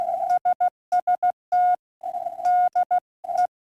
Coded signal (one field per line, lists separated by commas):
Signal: Morse code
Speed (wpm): 16 wpm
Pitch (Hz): 1440 Hz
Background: none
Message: SST DE